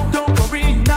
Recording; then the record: coughing mixed with background sound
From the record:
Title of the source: Female coughing - Sound effects